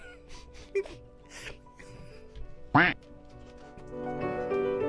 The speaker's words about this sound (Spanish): Apareció el ganso, por ejemplo.